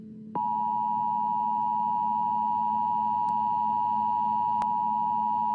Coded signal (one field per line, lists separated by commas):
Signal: Emergency Alert System (SAME) tones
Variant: 853 and 960 Hz attention tone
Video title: (EAS SCENARIO) THE POOP MONSTER. MADE BY ME.